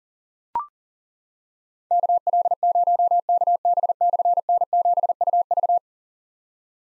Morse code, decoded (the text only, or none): KL0KB/N7UV